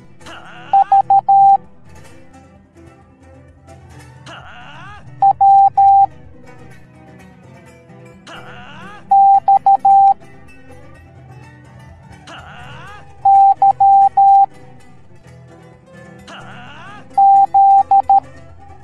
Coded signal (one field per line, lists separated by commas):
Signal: Morse code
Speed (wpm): 13 wpm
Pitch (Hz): 790 Hz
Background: music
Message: V W X Y Z